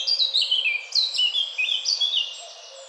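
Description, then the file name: Eurasian blackcap warbling: three quick sweeping phrases of clear, descending whistled notes, each about a second long, ending quieter. "Sylvia atricapilla"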